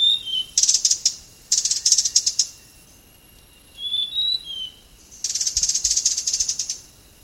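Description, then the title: Blue-crowned hanging parrot calls: short whistled notes, then harsh buzzing bursts, a few more thin whistles, and a long final buzzy chatter. "SERINDIT"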